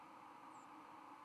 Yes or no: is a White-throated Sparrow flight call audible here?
no